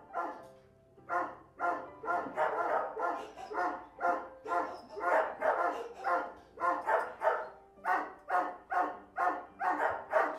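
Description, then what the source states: Dog barking in a rapid, uneven series, roughly two sharp barks a second, continuing almost without pause. Recorded inside a dog boarding house.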